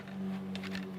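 A CPU cooler mounting bracket, set for LGA 1700, is pushed into place on the motherboard socket area over a steady low hum. A few small plastic and metal hits are heard at about 0.1 s and 0.8 s, with the bracket seating with a sharp click at 0.6 s.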